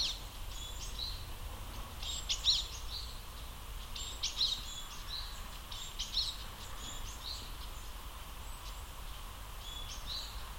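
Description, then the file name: Japanese tit singing thin, sharp high notes in short repeated phrases, set against a constant low hum and broad background noise. Recorded at Akasaka on 2 March 2022. "sijuukara akasaka"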